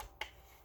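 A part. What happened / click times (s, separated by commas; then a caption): A small release button clicked, freeing the latch / 0.0 s, 0.2 s. Someone presses the release button on the side of a Winchester Model 61 pump-action rimfire rifle to free the forestock (action slide). Two short, sharp clicks are heard, at 0.0 s and 0.2 s, the second louder and brighter. The button releases the forestock.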